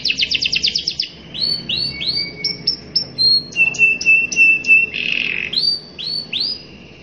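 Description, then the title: Canary song: quick trill, then a series of upslurred whistles, a steady held note with chips over it, and a short harsh burst. Long continuous song in the style called cengkok. "Cengkok Kenari Mewah. Kenari gacor panjang"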